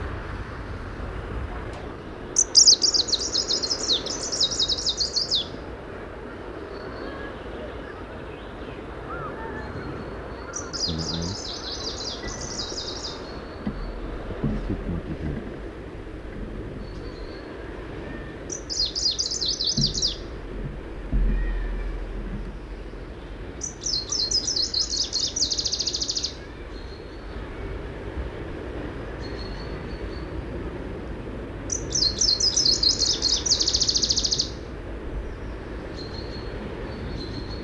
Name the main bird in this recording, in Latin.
Phylloscopus trochiloides